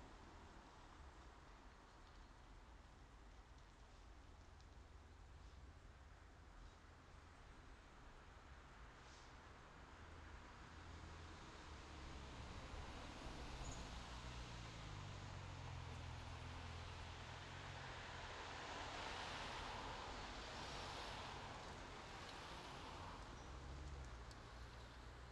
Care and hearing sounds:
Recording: everyday scene through a hearing-aid microphone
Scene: in traffic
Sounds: traffic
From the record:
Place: main road on the outskirts, rush hour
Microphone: in the ear canal, left

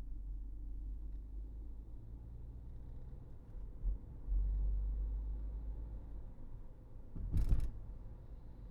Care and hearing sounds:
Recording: everyday scene through a hearing-aid microphone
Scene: in a vehicle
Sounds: engine, highway driving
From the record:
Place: Berlingo II, diesel engine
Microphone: behind the ear, right, rear

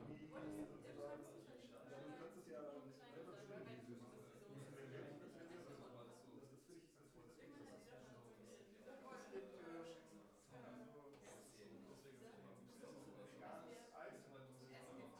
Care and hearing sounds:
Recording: everyday scene through a hearing-aid microphone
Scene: many people talking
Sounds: many voices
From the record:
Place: bistro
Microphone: behind the ear, left, front

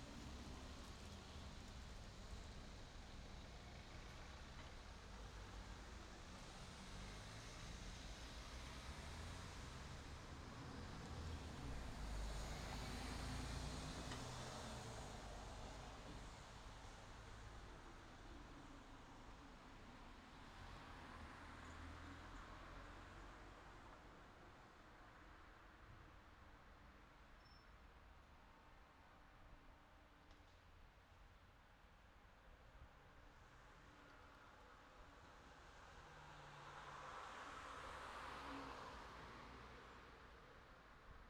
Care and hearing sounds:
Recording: everyday scene through a hearing-aid microphone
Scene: in traffic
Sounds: traffic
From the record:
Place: city secondary road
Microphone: in the ear canal, left

